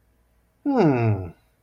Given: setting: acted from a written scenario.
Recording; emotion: vocal sound without words; interest